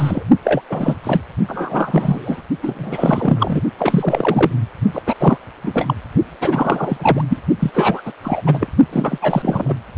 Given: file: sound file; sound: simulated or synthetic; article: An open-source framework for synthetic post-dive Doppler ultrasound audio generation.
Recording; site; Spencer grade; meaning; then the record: Doppler ultrasound audio after a dive; precordial; 3; All of the cardiac periods contain showers or single bubble signals, but not dominating or overriding the cardiac motion signals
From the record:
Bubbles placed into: partial cardiac cycles